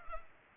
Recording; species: mosquito wingbeat signal from an infrared sensor; Culex pipiens